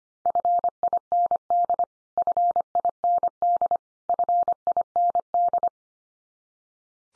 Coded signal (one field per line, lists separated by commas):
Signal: Morse code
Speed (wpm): 25 wpm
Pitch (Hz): 700 Hz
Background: none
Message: FIND FIND FIND